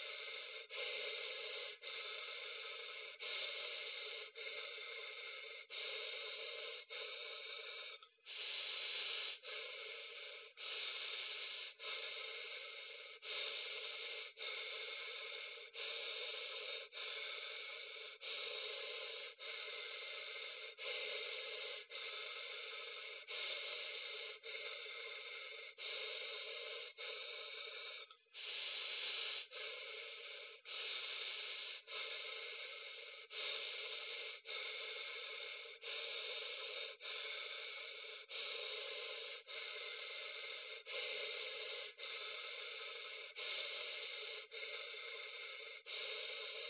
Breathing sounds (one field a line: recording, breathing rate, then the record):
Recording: paced breathing near a phone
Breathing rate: 24 breaths a minute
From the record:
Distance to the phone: 40 cm